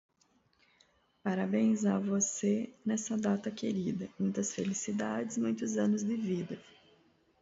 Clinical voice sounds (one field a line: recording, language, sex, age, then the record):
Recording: short text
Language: Brazilian Portuguese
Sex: female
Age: 30 to 39 years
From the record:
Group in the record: control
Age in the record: 38 years